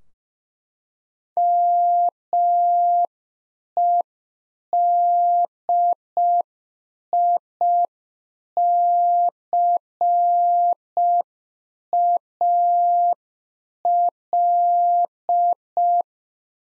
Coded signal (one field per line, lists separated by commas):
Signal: Morse code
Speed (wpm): 5 wpm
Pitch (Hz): 700 Hz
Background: none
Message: MEDICAL